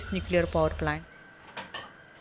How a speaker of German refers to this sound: steht in der Küche und kocht das Mittagessen für ihre schulpflichtige Tochter.